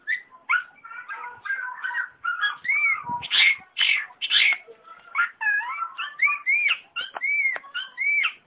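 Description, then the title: Long-tailed shrike song: a rapid, varied run of chattering notes and clear rising whistles, phrases changing constantly with brief pauses between bursts. A combination song. "Cendet Kombinasi"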